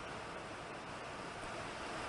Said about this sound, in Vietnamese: Ở đoạn cuối do mưa hơi lớn cho nên là âm thanh nó không được tốt, mong chư vị thông cảm nha.